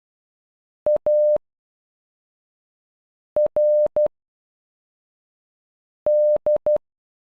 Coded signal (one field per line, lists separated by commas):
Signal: Morse code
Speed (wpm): 12 wpm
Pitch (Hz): 600 Hz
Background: none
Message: ARD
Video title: Richard in Morse code